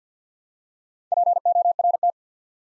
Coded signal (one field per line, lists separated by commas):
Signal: Morse code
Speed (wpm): 48 wpm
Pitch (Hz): 700 Hz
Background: none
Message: PORT